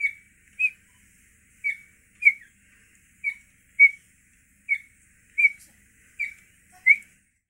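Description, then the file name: Cheetah giving sharp, high squeaky chirps, ten in quick but uneven succession, each brief and slightly falling at the end, with nothing else audible. "gepard pishit"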